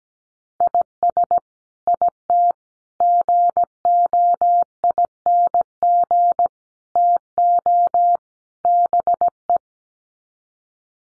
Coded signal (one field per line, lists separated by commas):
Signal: Morse code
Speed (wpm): 17 wpm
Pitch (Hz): 700 Hz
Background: none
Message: IS IT GOING TO BE